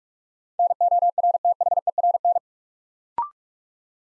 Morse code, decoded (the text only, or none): NORTHERN